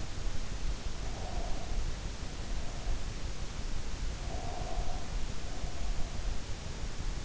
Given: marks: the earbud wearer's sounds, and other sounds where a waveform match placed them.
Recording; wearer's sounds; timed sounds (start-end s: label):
sounds in sleep by an in-ear microphone; breath
0.79-3.10 s: breath
4.21-6.38 s: breath